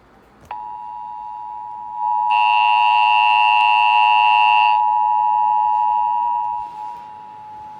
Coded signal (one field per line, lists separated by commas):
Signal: Emergency Alert System (SAME) tones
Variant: 853 and 960 Hz attention tone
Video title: Severe Thunderstorm Warning on WBKR (EAS #296)